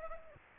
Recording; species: mosquito wingbeat signal from an infrared sensor; Aedes aegypti